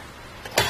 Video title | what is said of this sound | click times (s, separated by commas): etrailer - Fit Check: Testing Kuat Piston Pro X Bike Rack for 2 Bikes on a 2022 Honda Odyssey | and it snaps into place it looks at first like it might come close but | 0.6 s